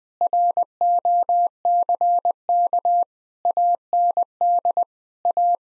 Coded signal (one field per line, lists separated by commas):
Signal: Morse code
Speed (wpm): 20 wpm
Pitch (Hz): 700 Hz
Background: none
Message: ROCK AND A